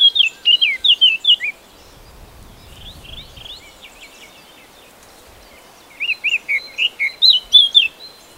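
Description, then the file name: Eurasian blackcap song: quick scratchy warbling phrases of slurred notes, two bursts separated by a few seconds of quiet. "Sylvia atricapilla"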